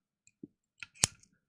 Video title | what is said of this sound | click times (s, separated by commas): Back Pockets & a Hem with a Facing + a Fun Class I'm teaching for the CCAPP next week! | do you hear that snap in um this is It's a magnet so it stays secure | 1.0 s